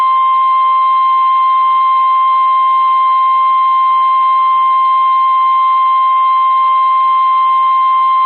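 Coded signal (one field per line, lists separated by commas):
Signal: Emergency Alert System (SAME) tones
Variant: 1050 Hz attention tone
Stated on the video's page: Real EAS tones from a Severe Thunderstorm Warning for Davie County, NC.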